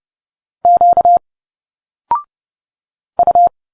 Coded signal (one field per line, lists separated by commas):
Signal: Morse code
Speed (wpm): 30 wpm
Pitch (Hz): 700 Hz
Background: none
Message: Q U